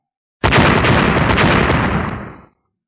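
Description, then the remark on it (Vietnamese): A sudden, loud burst of explosions from several black, sweet-potato-shaped orbs erupts and rolls on for about two seconds as a dense, crackling roar of overlapping blasts, then tapers off. No voices. “Liên tiếp tiếng nổ đinh tai nhức óc vang lên, từng đoàn hỏa diễm màu đen cực lớn từ cái khoai lang màu đen bạo liệt ra, đầu tiên chấn động mạnh co rút lại một cái, tiếp theo bỗng nhiên nổ lớn ra, hóa thành một biển lửa như thủy triều”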